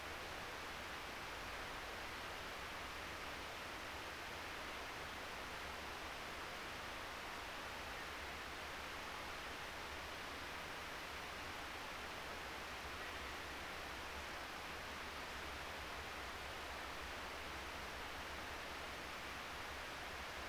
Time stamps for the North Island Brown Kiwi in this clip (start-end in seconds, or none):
none